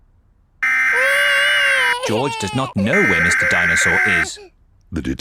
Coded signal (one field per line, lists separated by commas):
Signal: Emergency Alert System (SAME) tones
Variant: header bursts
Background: speech